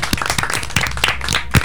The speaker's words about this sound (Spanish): Muy bien, un aplauso para usted.